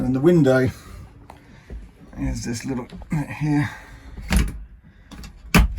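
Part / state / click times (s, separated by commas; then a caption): hinged side window latch on a small electric car door / seated / 5.5 s. Someone talks while showing the small hinged side window on the door of a small electric microcar, then swings it closed and latches it. A sharp, loud hit at 5.5 s marks the latch shutting, and the window is seated.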